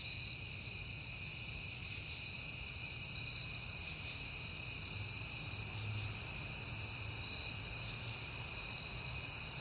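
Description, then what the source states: Crickets give a constant high trilling chorus, layered and unchanging, with a quiet low rumble beneath. Crickets at night in September, on a peaceful night.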